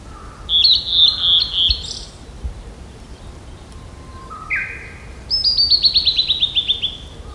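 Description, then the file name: Blue-and-white flycatcher song: a high warbled phrase, a lower rising slur, then a fast run of about a dozen descending notes. "ooruri"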